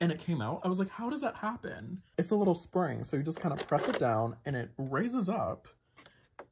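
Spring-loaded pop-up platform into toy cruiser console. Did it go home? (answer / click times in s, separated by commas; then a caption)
yes / 6.4 s. Someone talks while pressing down a small spring-loaded plastic pop-up platform in the console of a 2004 Bratz Wild Life Safari Cruiser toy car, and it raises up. After the talking stops, the platform is pushed back in and locks in place with a sharp click at 6.4 s.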